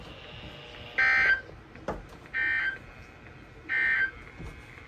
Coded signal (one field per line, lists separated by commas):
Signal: Emergency Alert System (SAME) tones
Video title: Just a few alerts (EAS 299-325)